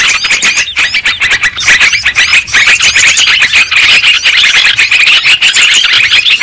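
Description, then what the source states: Lovebird flock calling, a steady wash of sharp shrill chirps and squeaks. Lure sound used for trapping lovebirds.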